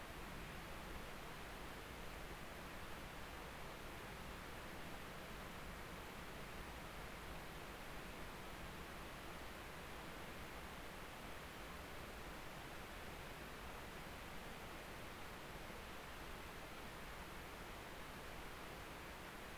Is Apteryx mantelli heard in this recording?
no